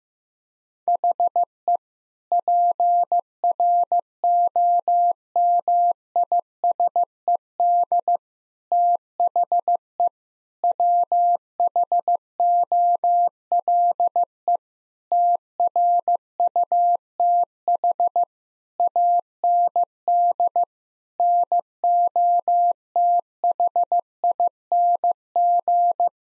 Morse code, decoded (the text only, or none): HE PROMISED THE WHOLE TRUTH AND NOTHING